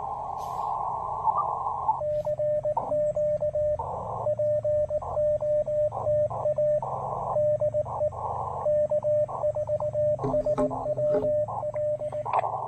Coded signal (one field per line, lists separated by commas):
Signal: Morse code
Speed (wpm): 18 wpm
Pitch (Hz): 590 Hz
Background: radio noise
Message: CQ POTA DE K4SWL